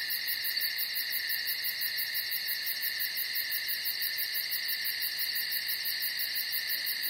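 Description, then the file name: Cricket chirring, unbroken and high-pitched, with rapid regular pulses over a steady ringing tone. "Strekotanie sverchka"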